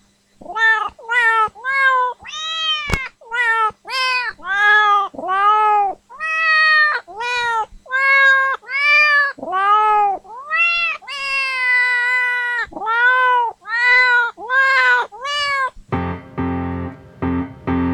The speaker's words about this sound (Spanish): Y ahora un gato nos pasará un aviso.